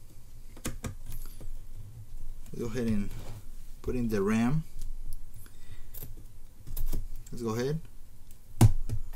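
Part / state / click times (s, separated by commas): memory module into motherboard DIMM slot / not seated / none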